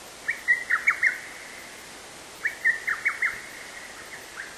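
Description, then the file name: Little cuckoo song: two quick staccato phrases of five or six sharp notes, separated by a pause, over faint background hiss. "little cuckoo"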